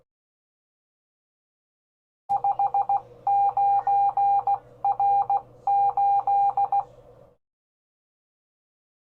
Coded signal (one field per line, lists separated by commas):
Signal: Morse code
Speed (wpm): 16 wpm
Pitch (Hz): 800 Hz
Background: none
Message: 59R8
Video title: My 4SQRP Hill Topper 20 CW Radio Rose From the Grave! (Halloween)